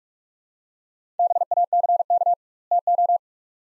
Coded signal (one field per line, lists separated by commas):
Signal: Morse code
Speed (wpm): 44 wpm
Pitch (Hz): 700 Hz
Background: none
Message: BACK TO